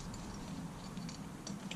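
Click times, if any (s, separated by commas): none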